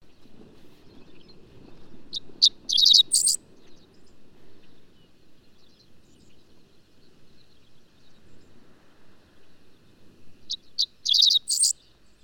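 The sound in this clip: Bird giving two brief bursts of sharp, high chirps several seconds apart, over a low background rumble.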